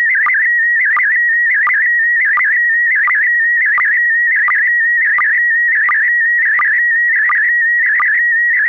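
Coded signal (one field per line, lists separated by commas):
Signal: SSTV (slow-scan television)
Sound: steady warbling whistle near 2 kHz with regular short low chirps, like scanning lines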